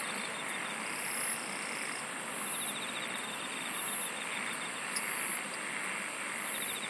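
Insect chorus: faint pulsed trilling plus short piercing high bursts repeating above a continuous noisy hiss.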